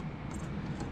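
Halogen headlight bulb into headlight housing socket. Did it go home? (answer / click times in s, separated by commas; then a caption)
no / none. An H11 halogen ZXE headlight bulb is pushed straight into the headlight housing socket of a Focus ST and twisted to lock. Only a steady, broadband low rumble and hiss is heard, with no sharp transients. Nothing has clicked, although the bulb is in place.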